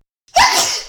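After a brief silence comes one loud, explosive sneeze from an adult. A short voiced cry at the onset gives way to a hissing rush of air lasting about half a second. It is a single forceful, disruptive sneeze, deliberately induced with red pepper.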